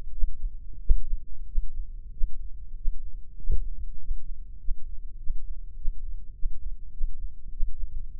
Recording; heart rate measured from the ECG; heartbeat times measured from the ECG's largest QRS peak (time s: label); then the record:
heart sounds by microphone in the left ear; 97 bpm
0.11 s: heartbeat
0.79 s: heartbeat
1.45 s: heartbeat
2.10 s: heartbeat
2.74 s: heartbeat
3.36 s: heartbeat
3.97 s: heartbeat
4.57 s: heartbeat
5.16 s: heartbeat
5.74 s: heartbeat
6.32 s: heartbeat
6.90 s: heartbeat
7.50 s: heartbeat
8.13 s: heartbeat
From the record:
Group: healthy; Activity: Valsalva maneuver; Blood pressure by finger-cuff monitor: 119/72 mmHg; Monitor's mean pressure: 84 mmHg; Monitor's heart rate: 96 bpm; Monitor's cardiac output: 8.6 L/min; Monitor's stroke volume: 93 mL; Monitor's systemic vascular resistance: 720 dyn s/cm5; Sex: male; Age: 24 years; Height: 184 cm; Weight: 89 kg